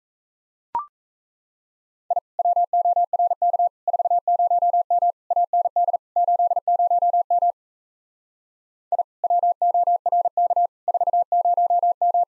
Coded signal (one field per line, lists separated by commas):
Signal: Morse code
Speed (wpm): 36 wpm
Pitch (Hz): 700 Hz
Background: none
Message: I WORK 40M AND 80M I WORK 40M